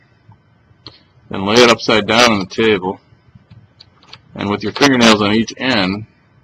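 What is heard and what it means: A plastic DIP header connector cover for a ribbon cable, built for the Heathkit ET-3400 memory socket, is laid upside down on a table with the ribbon lined up on its tabs, ready to be pushed down at both ends with the fingernails. Someone talks throughout, with a few faint handling ticks in the pauses. Nothing has seated or clicked yet, and the cover has not latched onto the ribbon.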